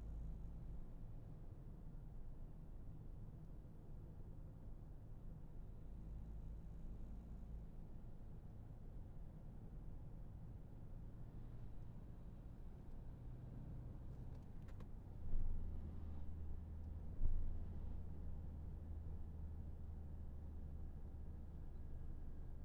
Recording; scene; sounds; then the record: everyday scene through a hearing-aid microphone; in a vehicle; engine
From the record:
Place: Berlingo II, diesel engine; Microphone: behind the ear, left, front